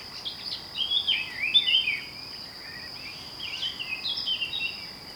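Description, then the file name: Eurasian blackcap song, two bursts of quick warbled twittering separated by a short pause, with a persistent high insect-like tone. "Sylvia atricapilla"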